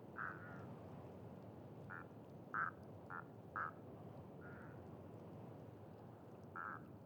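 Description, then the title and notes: Duck calls, clipped nasal notes in an irregular series, roughly one per second at times, with steady low noise behind. Ducks with unusual calls on a pond beside a site staging scarecrows in rather gory scenes; recorded with Sonosax SXM2D2, iPhone, MS mkh30/40 in Cinela PIA2. "Canards et Chants des Sirènes. Séquence magiques de canards aux chants particulier! Cet étang est à côté d'un site très particulier qui met en scène des épouvantails dans des scènes. . plutôt gore!"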